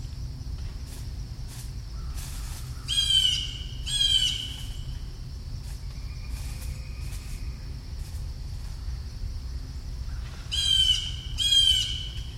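Bird giving harsh squawks in two pairs, with softer, fainter calls in the gap between them, over a low rumbling background.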